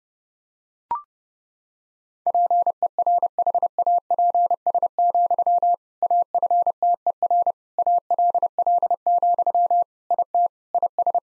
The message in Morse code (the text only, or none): PERHAPS, AFTER ALL, IT IS